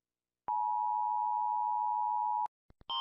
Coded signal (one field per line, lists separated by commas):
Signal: Emergency Alert System (SAME) tones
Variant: 853 and 960 Hz attention tone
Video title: Rating EAS alarms 1!